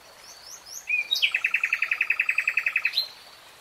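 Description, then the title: Nightingale song: a thin whistled note, then a fast, even trill of many sharp repeated notes. Three-hour real-time recording. "[Tiếng chim hót] Nightingale Singing"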